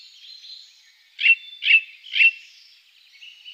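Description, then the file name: Ring ouzel song: three piping whistled notes about half a second apart. "beflijster ring ouzel"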